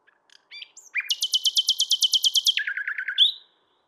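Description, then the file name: Common nightingale song: soft whistles, then a long steady run of loud repeated notes, dropping to a lower series and a final whistle. "Luscinia megarhynchos"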